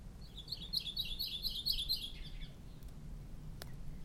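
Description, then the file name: Maui parrotbill call: a quick sequence of high, sharp, zigzag notes for about two seconds, then quiet with a single click. "Maui Parrotbill Pseudonestor xanthophrys"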